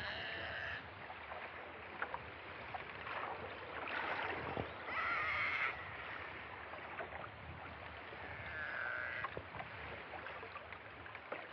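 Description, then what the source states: Killer whale calls, a few drawn-out tonal squeals over a steady wash of underwater noise with scattered clicks. Recorded during a killer whale attack on a gray whale, April 2014.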